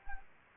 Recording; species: mosquito wingbeat signal from an infrared sensor; Anopheles arabiensis